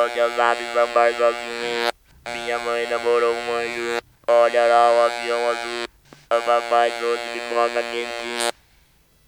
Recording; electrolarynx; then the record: speech with an electrolarynx; conventional device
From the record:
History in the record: total laryngectomy